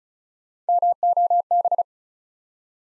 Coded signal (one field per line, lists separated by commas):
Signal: Morse code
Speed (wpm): 36 wpm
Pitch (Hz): 700 Hz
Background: none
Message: MOB